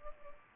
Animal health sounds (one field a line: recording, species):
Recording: mosquito wingbeat signal from an infrared sensor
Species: Culex pipiens